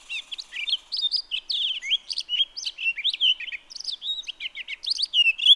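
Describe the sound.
Townsend's solitaire warbling continuously, with rapid bright notes, brief trills and sweeping whistles throughout.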